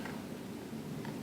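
A SIM card, metal side facing down toward the tracker's magnetic bottom, is pushed by fingernail into the spring-loaded slot of a Sleuthtek real-time GPS tracker. Soft scraping handling noise is heard, with a brief brighter scrape near 1.1 seconds. Nothing has seated or clicked yet.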